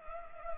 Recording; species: mosquito wingbeat signal from an infrared sensor; Culex pipiens